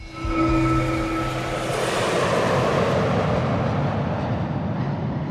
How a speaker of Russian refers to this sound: Тонкие вибрации постепенно снижаются и переходят в гул самолетных двигателей.